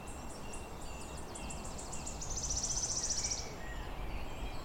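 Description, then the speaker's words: Wood warbler song: high, stuttering notes accelerate into a long, dry, silvery trill, with faint calls from other birds and a low background hiss. Male, newly arrived, singing from the canopy among ancient twisted oaks on a hill; still, sunny spring morning. "Among the oaks, the wood warblers have arrived. The male song dripping from the canopy like molten silver."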